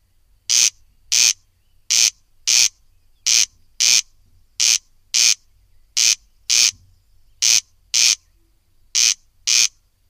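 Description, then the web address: Corncrake producing a long series of harsh, rasping double notes, pair after pair at a steady rhythm, with nothing else audible. "agykontroll Madardalok Cd 2. Haris"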